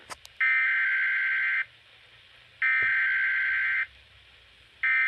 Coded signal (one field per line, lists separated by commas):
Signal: Emergency Alert System (SAME) tones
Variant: header bursts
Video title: Severe Thunderstorm Warning (EAS #80)